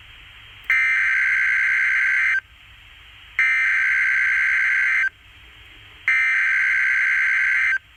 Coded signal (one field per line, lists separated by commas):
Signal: Emergency Alert System (SAME) tones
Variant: header bursts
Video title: My First CAE; Child Found Safe (EAS#261)